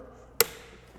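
A fuel line quick-connector is pushed onto the return port of a fuel pump. A single sharp click is heard at 0.4 s against a quiet background, and the connector seats on the return port.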